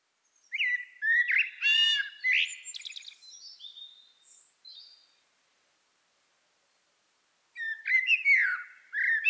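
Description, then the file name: Common blackbird delivering a mellow warbled phrase that ends in squeaky twittering, then silence for over two seconds before another fluted phrase begins. "Turdus merula"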